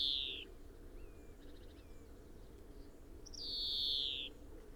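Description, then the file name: European greenfinch with two drawn-out buzzy wheezes that slide downward, one at the start and a longer one near the end, with faint chirps between over a low hum. "Chloris chloris"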